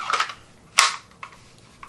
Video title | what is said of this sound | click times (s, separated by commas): Ruger RXM Range & Review | Good solid lockup. | 0.8 s